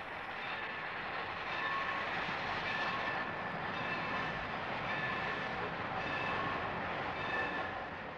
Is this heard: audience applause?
no